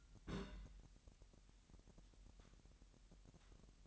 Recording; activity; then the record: daily activity, microphone in the room; place on stove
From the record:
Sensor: 3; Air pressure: 1001.9 hPa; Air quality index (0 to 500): 244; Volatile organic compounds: 47 ppm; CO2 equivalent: 3251 ppm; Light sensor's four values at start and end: 6/15/6/6 and 6/15/6/6